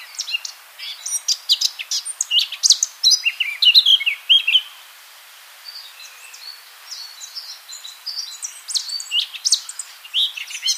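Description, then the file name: Eurasian blackcap song: two bursts of fast, varied twittering and squeaky warbling separated by a brief quieter gap. "Sylvia atricapilla"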